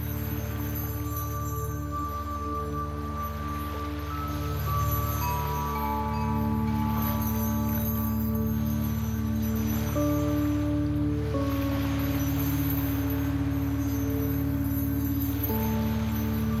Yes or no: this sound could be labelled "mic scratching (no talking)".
no